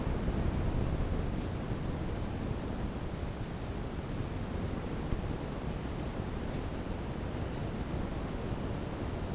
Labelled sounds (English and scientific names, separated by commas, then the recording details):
none
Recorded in secondary vegetation near Puerto Asís, Putumayo, Colombia, on 13 March 2025 at 12:30
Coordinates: 0.481, -76.318
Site G097